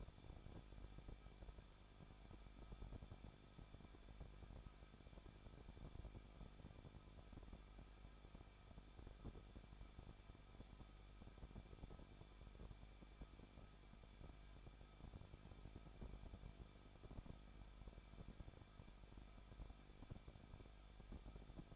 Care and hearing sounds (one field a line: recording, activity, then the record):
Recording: daily activity, microphone in the room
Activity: no activity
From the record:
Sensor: 5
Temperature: 20.9 degrees Celsius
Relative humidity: 38.2%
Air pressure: 1006.4 hPa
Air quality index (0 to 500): 187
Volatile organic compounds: 18 ppm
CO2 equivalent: 2626 ppm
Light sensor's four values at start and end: 2/3/1/1 and 2/3/1/1